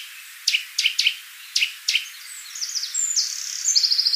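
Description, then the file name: Eurasian nuthatch calls: a few sharp, high notes, some paired, then thin chirps and a rapid high trill over a hissy background. "Sitta europaea"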